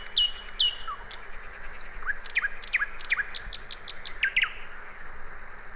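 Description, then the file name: Common nightingale singing a busy phrase of sharp whistles, falling slurs and fast chipping notes, some repeated several times in quick succession, over a faint steady hum. "Luscinia megarhynchos"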